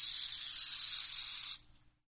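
Rattlesnake giving a steady, hissing rattle for about a second and a half, then stopping abruptly into silence.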